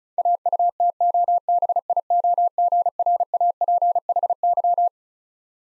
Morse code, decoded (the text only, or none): AUTOBIOGRAPHY